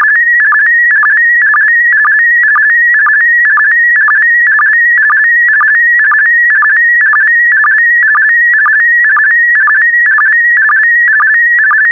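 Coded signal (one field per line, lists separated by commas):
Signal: SSTV (slow-scan television)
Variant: PD120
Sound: continuous warbling whistle with quick low blips about twice a second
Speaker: Five, four, three, two, one. Thank you. Transmission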